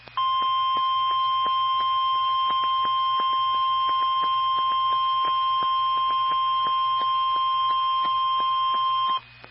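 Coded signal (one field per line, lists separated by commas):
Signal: Emergency Alert System (SAME) tones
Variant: 1050 Hz attention tone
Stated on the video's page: SAME tones on NOAA Weather Radio transmitters for severe thunderstorm, tornado and flood watches and warnings.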